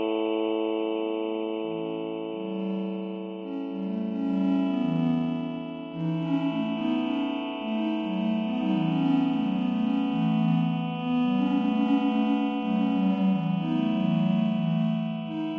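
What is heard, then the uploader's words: Quickly changing triangle tones layered over slowly shifting voice-like timbres. Stacked steady tones hold throughout while a lower line steps between pitches every half second or so, growing busier after about six seconds, with faint airy sparkle above and an echoing tail. Droneo 1.4.0 Example. New features in Droneo 1.4 include a more configurable evolving timbre: here, quickly changing triangles and their harmonics are put together with slowly changing voice timbres.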